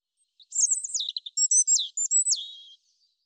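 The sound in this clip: European robin song, one phrase of sliding high whistles, some falling and some rising, strung into a rippling, liquid sequence about two seconds long.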